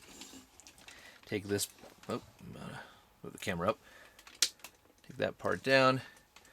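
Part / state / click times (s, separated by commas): plastic toy part into the toy robot body / not seated / none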